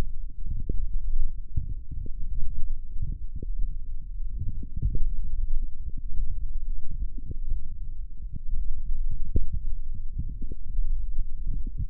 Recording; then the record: forearm muscle sounds (acoustic myography)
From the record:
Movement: forearm supination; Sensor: system 1, eight BSWA MPA416 microphones around the upper forearm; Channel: 8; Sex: male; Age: 21 years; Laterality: right